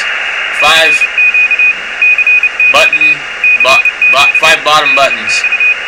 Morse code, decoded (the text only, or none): CQ CQ CQ DX